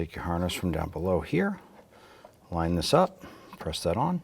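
A man talks while the plastic door wiring harness connector is lined up and pressed toward its mating connector inside the door of a 2011–2018 Ram 1500 truck during an exterior door handle replacement. The clip ends before it goes home, so nothing has seated or clicked yet.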